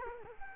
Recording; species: mosquito wingbeat signal from an infrared sensor; Culex quinquefasciatus